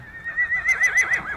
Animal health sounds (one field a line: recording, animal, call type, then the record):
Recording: contact call of a hoofed animal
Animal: Przewalski's horse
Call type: whinny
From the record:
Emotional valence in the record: negative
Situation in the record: group separation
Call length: 1.36 s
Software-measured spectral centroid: 3250 Hz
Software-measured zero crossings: 3540 a second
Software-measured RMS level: -23 dBFS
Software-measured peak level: -14 dBFS